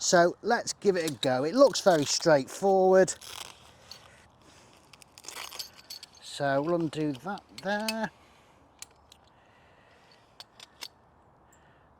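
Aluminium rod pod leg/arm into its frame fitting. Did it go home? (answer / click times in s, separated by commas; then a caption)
yes / 10.8 s. Someone talks while assembling an aluminium rod pod, undoing a fitting and then swinging or fitting a metal leg/arm into its frame fitting. Sharp metallic clicks and clinks follow, and the leg locks into place with a click at 10.8 s.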